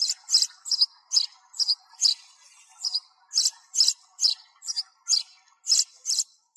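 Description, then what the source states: Sparrow calls, bright chirps repeated at an uneven pace of about two per second, some doubled, over faint soft twittering. Sparrow calling its flock.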